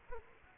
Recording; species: mosquito wingbeat signal from an infrared sensor; Culex quinquefasciatus